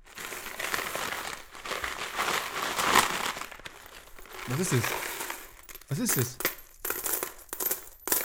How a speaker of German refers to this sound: deswegen habe ich so einen Briefumschlag, wo ich alles Kleingeld reinmache. Ist wahnsinnig überfüllt schon.